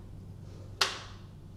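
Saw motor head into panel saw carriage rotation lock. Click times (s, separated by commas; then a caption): 0.8 s. A panel saw's motor head is rotated back to the correct blade orientation and clicks into the carriage's rotation lock at 0.8 s, a single sharp, strong broadband click that rings briefly against a low steady hum. The head is seated with its labels reading straight up and down.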